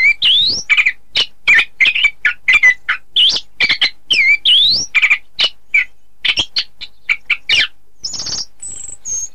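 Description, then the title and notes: Oriental magpie-robin song: a fast, varied run of clear whistles, upward sweeps and sharp chirps. It ends with a few thin, high, drawn-out notes. "Kicau Kacer. manukmanukan"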